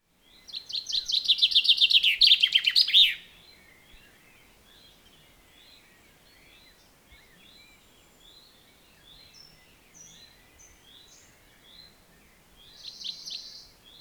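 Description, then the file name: Common chaffinch delivers one loud trilled phrase with a terminal flourish, followed by fainter chattering birdsong and a brief louder phrase near the end. "Fringilla coelebs"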